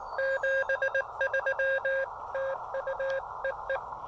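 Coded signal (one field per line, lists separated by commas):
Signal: Morse code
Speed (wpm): 19 wpm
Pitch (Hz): 540 Hz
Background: none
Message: 73 TU EE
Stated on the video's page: Summit activation on an Elecraft KX2 with a PackTenna 9:1 antenna, contacts with four countries and eight states.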